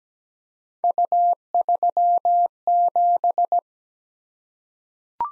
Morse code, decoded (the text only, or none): U37